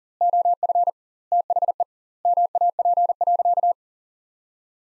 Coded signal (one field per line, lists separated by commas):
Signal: Morse code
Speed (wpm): 37 wpm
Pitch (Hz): 700 Hz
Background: none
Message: OF THE MAP.